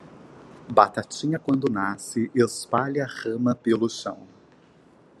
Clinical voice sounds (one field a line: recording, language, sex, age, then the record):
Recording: short text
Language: Brazilian Portuguese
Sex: male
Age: 20 to 29 years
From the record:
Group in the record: control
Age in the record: 24 years